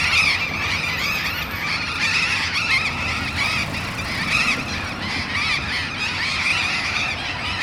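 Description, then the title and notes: Burrowing parrots chatter and screech together in a dense, unbroken chorus of harsh calls over a steady low hum of traffic. Group of burrowing parrots perched on overhead urban power lines at a street corner in a neighbourhood of Bahía Blanca, Argentina; August. "Loros barranqueros (Cyanoliseus patagonus) en tendido eléctrico aéreo urbano. Humboldt esq. H. Yrigoyen. B° La Falda. Por Sonoteca Bahía Blanca"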